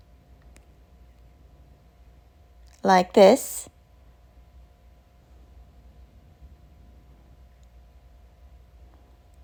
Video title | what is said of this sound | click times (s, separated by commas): How to build the Baby Starts Bouncer Flamingo! 🦩👶 #AmazonFinds #Baby #HowTo #BabyRegistry | to insert into the other metal frames. You're going to click them in | 0.6 s